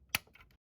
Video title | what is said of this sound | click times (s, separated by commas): Unicron (Studio-01 Cell) action figure review | the sides will click in | 0.2 s